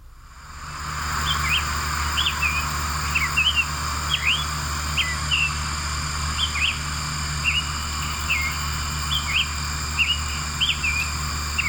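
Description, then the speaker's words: Summer Tanager singing: a continuous run of short, up-and-down whistled phrases, repeated steadily over a constant low hum. Male singing; recorded with a cell phone out in the country near Marshall, Texas. "that's the male summer tanager singing."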